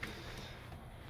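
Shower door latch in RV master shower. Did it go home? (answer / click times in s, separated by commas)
no / none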